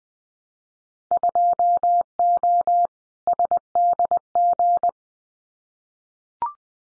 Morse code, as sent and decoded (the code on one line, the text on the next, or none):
..--- --- / ... -.. --.
2O SDG